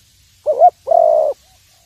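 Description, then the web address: Spotted dove giving two low coos, a short wavering note followed by a longer, steady hoot. "tieng cu dat gay. tieng dong vat"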